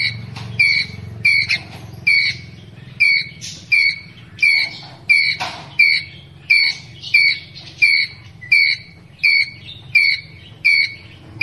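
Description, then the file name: Ground squirrel giving sharp, high chirps repeated steadily about every three-quarters of a second, each a short bright note with a faint low hum beneath. Ground squirrel calling to its group. "Tieng soc dat goi bay"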